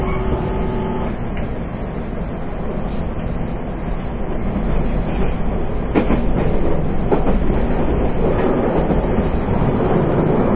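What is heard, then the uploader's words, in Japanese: Ride noise inside a Nippō Line 813-series train: a steady, dense low rumble with a brief tone early and sharp clatters around six seconds. JR九州 813系 中津から西小倉まで。813系電車の走行音。日豊線の普通列車で収録しました。ワンマン運行です。It was recorded with Nippou line's local train。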